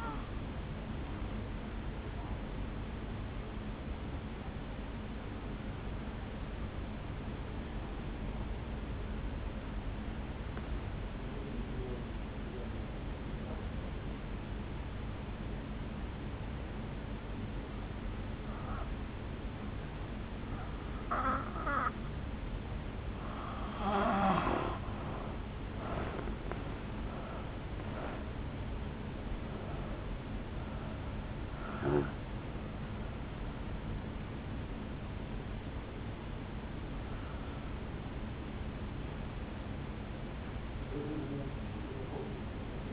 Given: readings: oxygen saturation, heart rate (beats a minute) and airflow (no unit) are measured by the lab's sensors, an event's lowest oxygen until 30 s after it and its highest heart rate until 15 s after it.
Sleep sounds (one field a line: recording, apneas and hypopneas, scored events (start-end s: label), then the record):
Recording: breathing in sleep by a voice recorder at the bedside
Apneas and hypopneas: 1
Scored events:
3.00-24.70 s: hypopnea (N2, oxygen 93% highest, then 83% lowest, heart rate 65 at the start, 75 highest)
39.00-42.93 s: new sleep stage, N1 (lightest sleep)
From the record:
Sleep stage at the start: N2 (light sleep)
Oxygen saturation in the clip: 85 to 93%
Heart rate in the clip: 49 to 75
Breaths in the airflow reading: 6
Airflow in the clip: -6.7 to 5.4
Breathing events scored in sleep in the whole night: 449 in 7.0 hours asleep